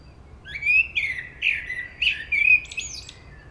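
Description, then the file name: Common blackbird singing a run of low, fluty warbled notes that slide up and down, closing with a brief high squeaky flourish. "Turdus merula"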